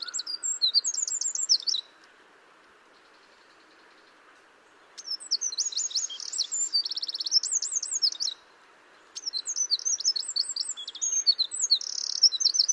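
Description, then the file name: Eurasian wren song: rapid, high-pitched bursts of trills and sharp twittering notes, in three outpourings separated by pauses. "Troglodytes troglodytes"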